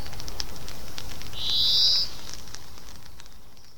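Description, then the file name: European greenfinch calls once with a wheezy, buzzing note that swells, set against constant hiss and light crackling. "Chloris chloris"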